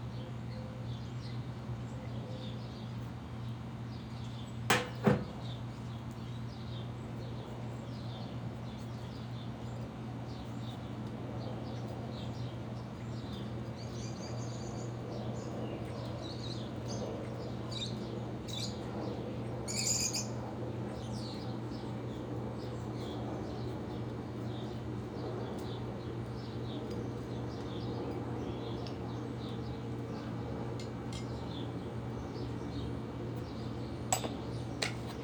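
Birds chirp in scattered bursts over a steady low neighborhood hum, with sharp clicks near five, twenty and thirty-four seconds.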